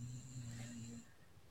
The dog snoring.